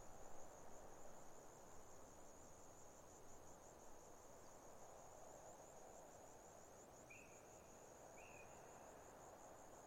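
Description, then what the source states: Grasshopper: steady high pulsed buzzing of grasshoppers, with low wind and two short bird notes late. Autumn afternoon, lukewarm, 6 May 2015, arid hills of the Barrier Ranges near Broken Hill, Australian outback; wind through desert she-oaks, sparse bird song.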